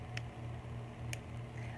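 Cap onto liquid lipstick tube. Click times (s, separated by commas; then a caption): 0.2 s, 1.1 s. The cap of a pink liquid lipstick with black ombre packaging is pressed shut onto its plastic tube, giving two small, sharp clicks at 0.2 s and 1.1 s over a steady low hum. The clicks show the cap is locked and closed, so it is seated.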